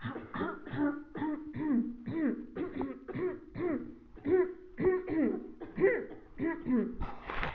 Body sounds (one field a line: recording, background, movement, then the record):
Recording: throat clearing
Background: a bystander coughing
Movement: sitting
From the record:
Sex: female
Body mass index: 21.8 kg/m2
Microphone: on the chest, facing the body